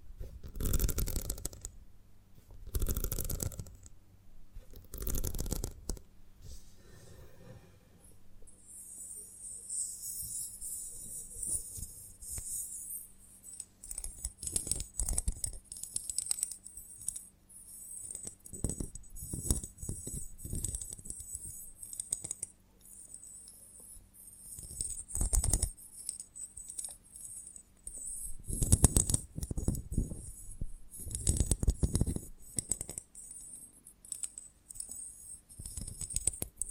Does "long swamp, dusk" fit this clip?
no